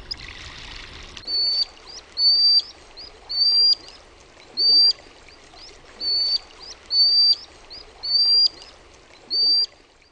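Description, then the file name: Common Sandpiper calling with single thin, high whistled notes, each with a slight upward flick, spaced about one second apart; a brief rustling at the start. "RANTATASIPI"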